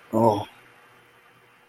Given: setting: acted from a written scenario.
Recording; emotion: vocal sound without words; desire